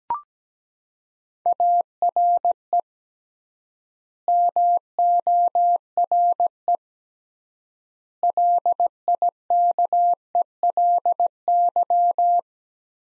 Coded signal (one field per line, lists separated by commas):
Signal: Morse code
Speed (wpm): 17 wpm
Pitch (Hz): 700 Hz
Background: none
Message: ARE MORE LIKELY